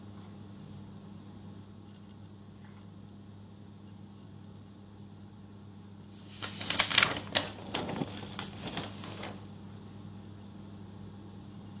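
Someone goes through notes: a steady low hum runs the whole time, and from about six and a half to nine and a half seconds a burst of crisp, crackling rustles, like pages being handled, rises over it before the hum settles back alone.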